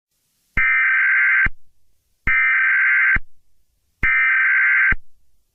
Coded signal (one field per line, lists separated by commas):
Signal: Emergency Alert System (SAME) tones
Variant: header bursts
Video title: Eas Scenario 022 - Invasion of the Multiverse